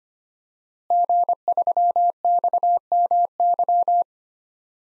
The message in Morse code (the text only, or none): G3XMY